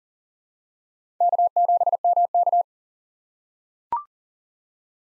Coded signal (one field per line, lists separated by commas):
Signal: Morse code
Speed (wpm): 40 wpm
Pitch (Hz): 700 Hz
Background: none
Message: K7MK